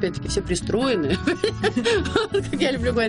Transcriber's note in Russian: смеется